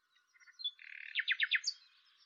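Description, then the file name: Common nightingale giving a brief song phrase: a low buzzy note, then four quick descending repeated strokes and a high final chirp. "Luscinia megarhynchos"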